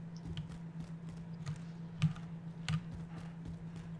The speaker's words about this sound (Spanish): Oigo sus pasitos, a ver.